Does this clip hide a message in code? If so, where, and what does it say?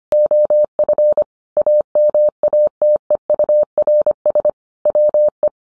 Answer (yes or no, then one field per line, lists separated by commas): yes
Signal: Morse code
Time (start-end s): 0.1-5.5 s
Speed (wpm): 25 wpm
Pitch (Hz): 600 Hz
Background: none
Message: OF AMATEURS WE